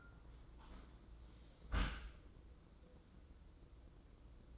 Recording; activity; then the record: daily activity, microphone in the room; close dishwasher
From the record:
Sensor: 3